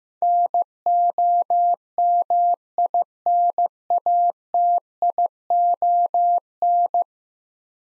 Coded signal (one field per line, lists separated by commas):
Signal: Morse code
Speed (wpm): 15 wpm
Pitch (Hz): 700 Hz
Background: none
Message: NOMINATION